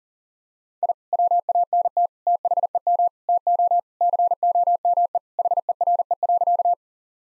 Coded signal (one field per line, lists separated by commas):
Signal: Morse code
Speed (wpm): 40 wpm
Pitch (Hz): 700 Hz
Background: none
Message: I WANT THEM TO COME HERE.